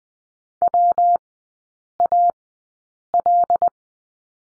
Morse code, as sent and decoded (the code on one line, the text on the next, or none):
.-- .- .-..
WAL